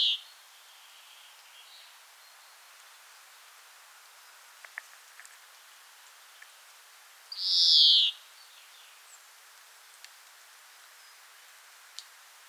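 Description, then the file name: European greenfinch call: one loud note under a second long near the eight-second mark, after a cut-off sound at the very start, with a few faint clicks and high ticks otherwise. "Chloris chloris"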